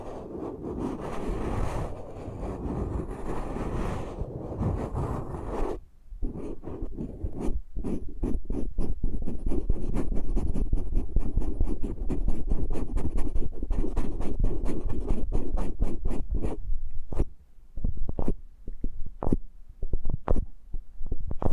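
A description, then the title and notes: An ASMR eardrum massage: steady muffled rubbing for six seconds, then a long run of quick tapping and scratching clicks that thin out toward the end. ASMR Intimate Eardrum Massage.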